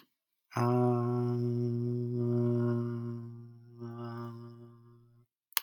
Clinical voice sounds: vowel held as long as possible; male; 20 to 29 years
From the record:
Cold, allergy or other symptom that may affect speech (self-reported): no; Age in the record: 29 years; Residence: California, United States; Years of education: 4

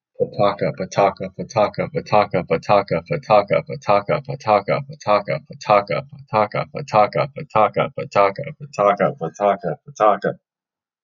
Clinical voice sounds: repeated syllables /pa ta ka/; male; 20 to 29 years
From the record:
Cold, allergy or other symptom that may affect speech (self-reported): no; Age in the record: 20 years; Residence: Florida, United States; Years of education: 15

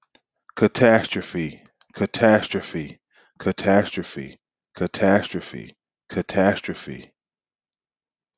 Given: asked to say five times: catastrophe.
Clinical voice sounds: repeated word; male; 30 to 39 years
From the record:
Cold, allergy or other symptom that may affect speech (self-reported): no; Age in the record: 32 years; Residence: North Carolina, United States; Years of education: 12

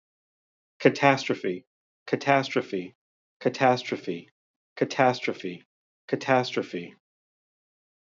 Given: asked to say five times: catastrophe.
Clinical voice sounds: repeated word; male; 40 to 49 years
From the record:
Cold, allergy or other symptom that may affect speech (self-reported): no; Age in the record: 49 years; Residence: Arizona, United States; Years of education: 14

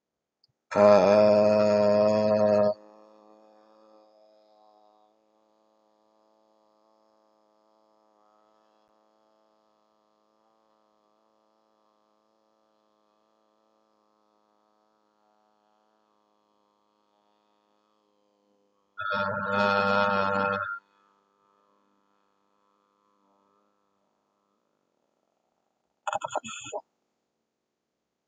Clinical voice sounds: vowel held as long as possible; male; 30 to 39 years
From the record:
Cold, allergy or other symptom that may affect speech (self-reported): no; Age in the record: 37 years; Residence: Florida, United States

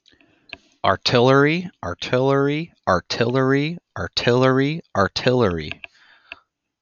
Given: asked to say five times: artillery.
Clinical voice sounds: repeated word; male; 30 to 39 years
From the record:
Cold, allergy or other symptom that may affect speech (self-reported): no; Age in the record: 33 years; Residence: Pennsylvania, United States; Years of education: 16

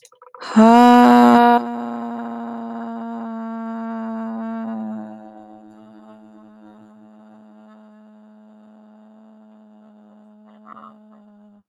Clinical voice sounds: vowel held as long as possible; female; 30 to 39 years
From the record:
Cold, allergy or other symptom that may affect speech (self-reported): no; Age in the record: 38 years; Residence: California, United States

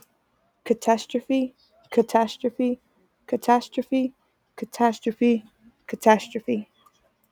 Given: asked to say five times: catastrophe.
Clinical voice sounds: repeated word; female; 20 to 29 years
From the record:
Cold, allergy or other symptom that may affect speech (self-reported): no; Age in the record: 29 years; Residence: Louisiana, United States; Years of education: 12

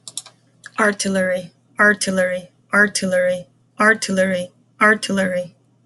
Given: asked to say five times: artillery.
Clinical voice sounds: repeated word; female; 40 to 49 years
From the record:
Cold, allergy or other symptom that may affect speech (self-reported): no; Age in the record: 41 years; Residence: Florida, United States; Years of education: 16

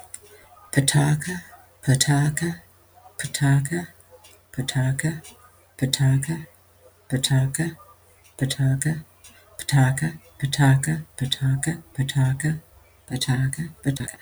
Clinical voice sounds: repeated syllables /pa ta ka/; female; 70 to 79 years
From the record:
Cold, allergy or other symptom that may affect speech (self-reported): no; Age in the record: 77 years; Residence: United States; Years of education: 12

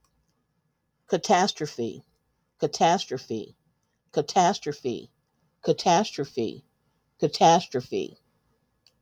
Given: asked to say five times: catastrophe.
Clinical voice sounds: repeated word; female; 60 to 69 years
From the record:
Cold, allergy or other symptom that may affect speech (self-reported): no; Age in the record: 64 years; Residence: Ohio, United States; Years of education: 15

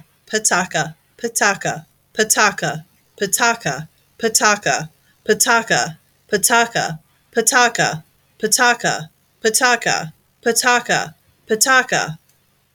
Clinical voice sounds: repeated syllables /pa ta ka/; female; 40 to 49 years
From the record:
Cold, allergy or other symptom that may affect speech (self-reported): no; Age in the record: 46 years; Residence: Pennsylvania, United States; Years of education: 14

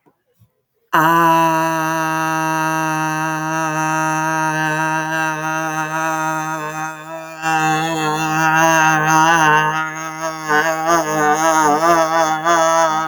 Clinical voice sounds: vowel held as long as possible; female; 30 to 39 years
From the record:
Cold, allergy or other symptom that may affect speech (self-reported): no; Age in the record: 38 years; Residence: Wisconsin, United States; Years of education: 12

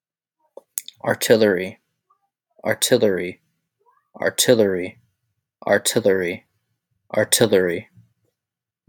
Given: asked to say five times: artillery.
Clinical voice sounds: repeated word; male; 20 to 29 years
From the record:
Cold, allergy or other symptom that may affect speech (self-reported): no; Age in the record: 28 years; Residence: United States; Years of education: 16

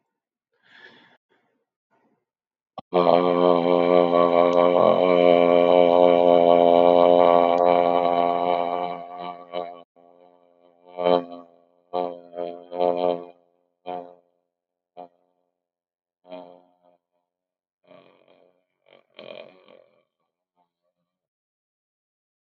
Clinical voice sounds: vowel held as long as possible; male; 60 to 69 years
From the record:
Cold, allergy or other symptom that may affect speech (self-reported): no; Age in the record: 65 years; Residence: Washington, United States

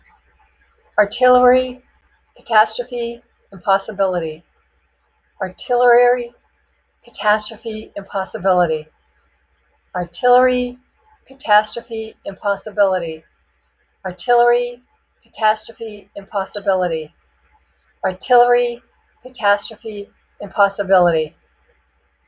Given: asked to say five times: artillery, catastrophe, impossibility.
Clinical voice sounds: three words, each repeated; female; 60 to 69 years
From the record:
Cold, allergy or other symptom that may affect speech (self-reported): yes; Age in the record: 65 years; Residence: Georgia, United States

